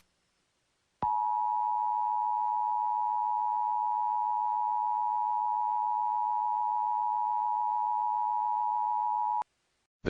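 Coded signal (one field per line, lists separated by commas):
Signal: Emergency Alert System (SAME) tones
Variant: 853 and 960 Hz attention tone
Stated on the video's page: Simulated EAS mock tornado watch for South Dakota, not a real alert.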